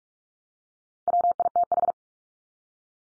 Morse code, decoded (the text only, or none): WITH